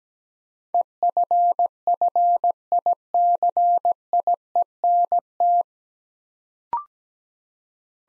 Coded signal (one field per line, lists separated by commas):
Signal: Morse code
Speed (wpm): 17 wpm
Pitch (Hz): 700 Hz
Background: none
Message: EFFICIENT